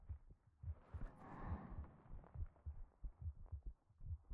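Steady, regular low thumps at about 70 beats a minute: a woman's calm heartbeat heard up close.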